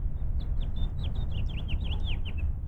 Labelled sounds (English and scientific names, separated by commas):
House Finch (Haemorhous mexicanus) song